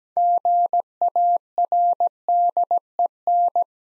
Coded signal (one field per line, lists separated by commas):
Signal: Morse code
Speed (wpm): 17 wpm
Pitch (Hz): 700 Hz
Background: none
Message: GARDEN